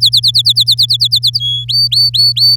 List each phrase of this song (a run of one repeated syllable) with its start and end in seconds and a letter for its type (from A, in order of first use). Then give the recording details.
0.01-1.39 A, 1.40-1.65 B, 1.68-2.56 C. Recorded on 9 May 2018 at 12:07. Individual llb16